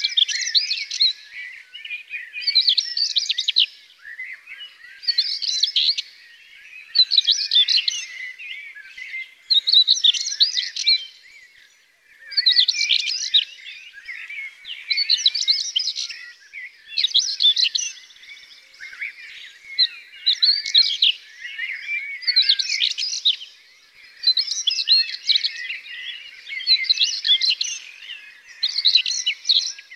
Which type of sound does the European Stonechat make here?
song